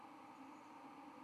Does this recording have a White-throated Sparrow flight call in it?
no